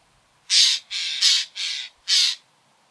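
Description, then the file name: Eurasian jay giving five harsh, grating screeches in quick series, loud and clear against a quiet background. "Garrulus glandarius"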